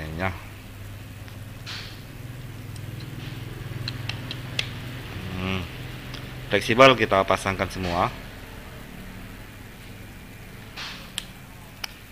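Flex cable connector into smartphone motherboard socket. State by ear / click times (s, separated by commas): seated / 11.2 s, 11.8 s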